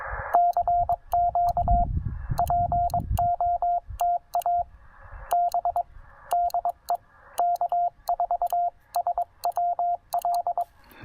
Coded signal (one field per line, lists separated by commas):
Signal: Morse code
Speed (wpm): 22 wpm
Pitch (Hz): 700 Hz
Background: radio noise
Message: CQ POTA B DE K4SWL